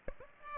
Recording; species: mosquito wingbeat signal from an infrared sensor; Aedes aegypti